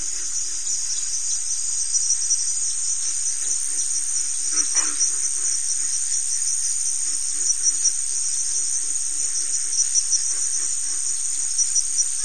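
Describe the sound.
Cricket chorus of continuous, high, ringing trills layered together, with soft irregular lower chirps and a brief faint lower sound midway.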